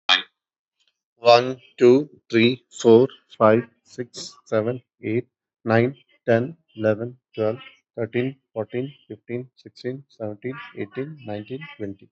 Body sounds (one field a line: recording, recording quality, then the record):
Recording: counting at a normal pace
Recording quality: excellent, no background noise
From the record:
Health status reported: healthy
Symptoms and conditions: none ticked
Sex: male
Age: 39 years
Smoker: not ticked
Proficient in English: yes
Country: India